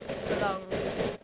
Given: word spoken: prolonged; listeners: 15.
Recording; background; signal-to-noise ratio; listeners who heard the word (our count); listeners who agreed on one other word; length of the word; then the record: one English word in noise, from a listening test; noise modulated by three-talker babble; -3.6 dB; 0 of 15; 8 of 15; 0.85 s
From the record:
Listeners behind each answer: 8, 3, 2, 1, 1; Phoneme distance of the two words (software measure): 28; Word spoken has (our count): 2 syllables, 7 phonemes, stress on syllable 2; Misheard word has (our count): 1 syllable, 3 phonemes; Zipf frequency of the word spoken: 3.43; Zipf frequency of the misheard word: 5.80